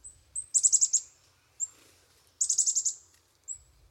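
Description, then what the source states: Chickadee calls: thin, very high single notes and two bursts of rapid chips separated by a pause. A flock taking turns at a feeder, each bird flying in to grab a sunflower seed and leaving with it.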